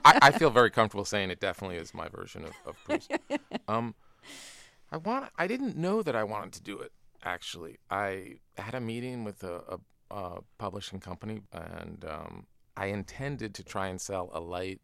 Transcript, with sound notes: I feel very comfortable saying it definitely is my version of Proust.
(Laughter).
I didn't know that I wanted to do it, actually. I had a meeting with a publishing company, and I intended to try and sell